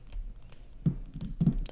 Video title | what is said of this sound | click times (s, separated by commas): Kotobukiya ArtFX+ Star Wars CAPTAIN PHASMA 1/10 Statue Review | it in there we go snaps back in place and | 1.7 s